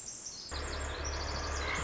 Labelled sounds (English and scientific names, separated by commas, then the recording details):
Pacific Wren (Troglodytes pacificus)
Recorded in Sonoma County, California